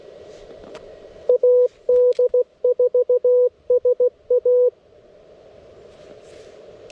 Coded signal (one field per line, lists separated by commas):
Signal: Morse code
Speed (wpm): 16 wpm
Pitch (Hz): 500 Hz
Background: none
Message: AD4SA